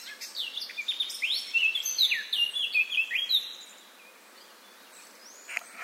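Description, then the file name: Eurasian blackcap song opening with a quiet, chattering warble that swells into loud, clear, fluty whistles, then stops, leaving soft background hiss and a last faint note. "Sylvia atricapilla"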